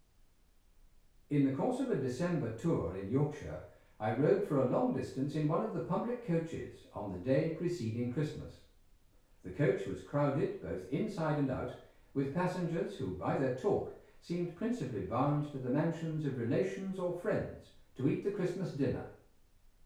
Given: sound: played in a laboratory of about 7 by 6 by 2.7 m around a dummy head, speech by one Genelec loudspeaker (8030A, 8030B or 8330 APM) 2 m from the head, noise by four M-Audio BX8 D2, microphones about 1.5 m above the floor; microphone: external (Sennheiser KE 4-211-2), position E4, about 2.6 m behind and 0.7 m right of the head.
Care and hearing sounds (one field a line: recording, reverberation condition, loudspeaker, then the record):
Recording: male speech in English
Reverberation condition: medium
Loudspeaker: 150 degrees to the left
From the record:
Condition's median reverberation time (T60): about 510 ms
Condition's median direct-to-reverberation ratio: about -0.5 dB